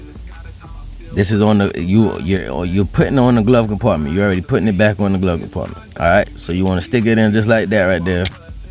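A rebuilt glove box lock cylinder, key inserted and all pins flat, is being handled and lined up to go into the glove compartment door's lock housing on an 1984 LS swapped Cutlass while someone talks over music. Nothing has seated or clicked yet.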